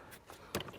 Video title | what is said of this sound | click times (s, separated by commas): BMW X5 Cabin Air Filter Replacement DIY (2014-2018 BMW F15 X5, F16 X6) | hear it click into place | 0.6 s